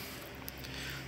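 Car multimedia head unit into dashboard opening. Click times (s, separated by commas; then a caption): 0.5 s. An aftermarket multimedia head unit is pressed into the dashboard opening of a Fiat Egea where the factory tablet sat. Over steady low hum and broadband noise, one sharp snap is heard at 0.5 s as the unit seats fully in place.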